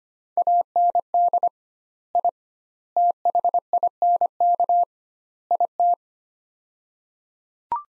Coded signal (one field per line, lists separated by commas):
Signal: Morse code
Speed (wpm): 25 wpm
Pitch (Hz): 700 Hz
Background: none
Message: AND I THINK IT